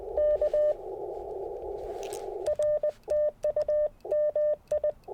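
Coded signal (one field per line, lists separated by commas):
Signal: Morse code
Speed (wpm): 20 wpm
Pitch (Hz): 600 Hz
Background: none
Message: K R TU MI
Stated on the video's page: QRP CW Parks on the Air activation with some DX, Icom IC-705, PackTenna random wire antenna and Elecraft T1 tuner.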